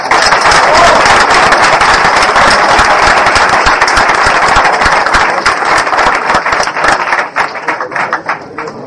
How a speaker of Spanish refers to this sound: Aplauso